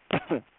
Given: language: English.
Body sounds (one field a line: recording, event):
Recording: throat vibration sensor signal played as sound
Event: cough